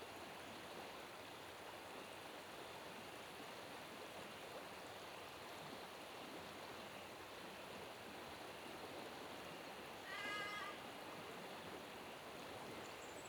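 A river rushes steadily with spring snow melt, a dense, even wash of water that holds constant throughout. Around ten seconds a short, bright chirping call rises briefly above the flow, then fades, leaving the unbroken rush of water.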